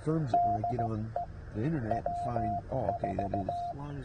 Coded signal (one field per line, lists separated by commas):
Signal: Morse code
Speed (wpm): 16 wpm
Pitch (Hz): 700 Hz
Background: speech, radio noise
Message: DE W4